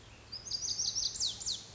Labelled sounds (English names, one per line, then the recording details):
Lazuli Bunting
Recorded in Sonoma County, California